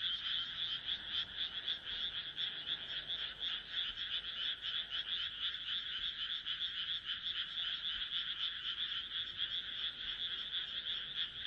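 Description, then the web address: Frog chorus of dense, rapid croaking pulses from many callers, overlapping without pause for the whole stretch. "kaeru kaeru"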